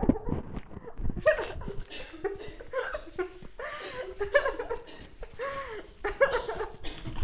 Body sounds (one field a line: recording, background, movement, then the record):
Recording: laughter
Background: a bystander coughing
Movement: walking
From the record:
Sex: female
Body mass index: 18.8 kg/m2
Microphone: on the chest, facing the body